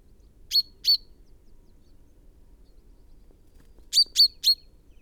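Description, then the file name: Common chaffinch calls, a pair of sharp chips, then a tight series of three similar notes after a short silence. "Fringilla coelebs"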